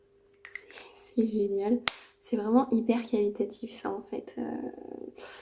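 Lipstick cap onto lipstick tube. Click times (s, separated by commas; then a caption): 0.4 s. A magnetic lipstick cap is brought onto the lipstick tube and clips itself shut with a small, sharp snap at 0.4 s, followed by a couple of fainter clicks. Someone then talks over a steady low hum.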